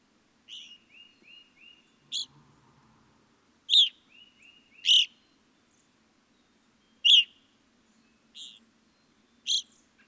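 Evening grosbeak giving several loud chirps spread unevenly, the first and another followed by runs of soft whistled notes.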